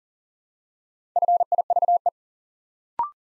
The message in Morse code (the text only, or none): FIVE